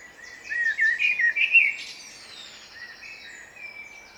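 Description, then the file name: Common blackbird uttering a brief, quavering warbled phrase, followed by softer thin high notes. "Turdus merula"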